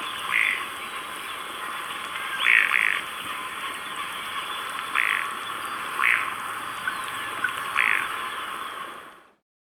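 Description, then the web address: Andean ruddy duck making short, hoarse calls repeated at irregular intervals of one to two and a half seconds over a steady background hiss. Recorded in Ecuador. "Birds of Ecuador. Andean Ruddy Duck"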